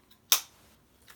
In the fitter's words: it has a much louder snap, so that might be more satisfying.